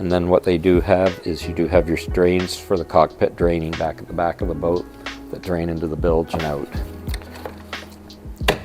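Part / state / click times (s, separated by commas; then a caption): walk-through door latch in boat transom / seated / 8.5 s. Someone talks while the walk-through door in the transom of a 2023 Robalo R272 boat is closed. A sharp, loud hit at 8.5 s marks the latch seating, and the door locks in place, closing the boat off.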